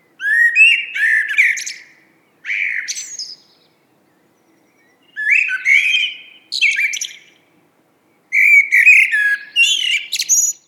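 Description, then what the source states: Common blackbird producing several bursts of scratchy, chattering notes separated by short silences. Wild bird in Europe.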